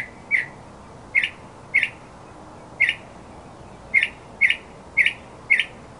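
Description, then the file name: Northern mockingbird giving several sharp, clipped chirps at uneven intervals, about one per second, against a quiet background. "kicauan burung northern mockingbird. omkicau"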